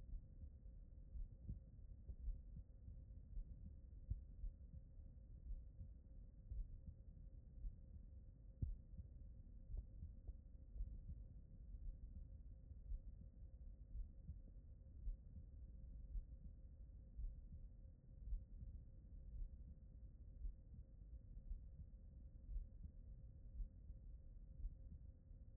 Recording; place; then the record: heart sounds by stethoscope; pulmonary valve (PV)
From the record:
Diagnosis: non-HFrEF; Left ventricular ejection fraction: 63%